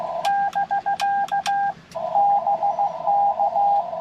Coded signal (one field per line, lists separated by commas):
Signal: Morse code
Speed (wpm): 16 wpm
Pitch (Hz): 800 Hz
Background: radio noise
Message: <BK> BK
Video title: CW POTA in MinneSOTA!!!